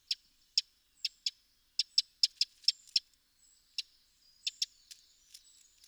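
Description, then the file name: Eurasian wren giving sharp, dry ticking calls, single or in quick pairs and triplets, spaced irregularly throughout, with faint high twittering between them. "Troglodytes troglodytes"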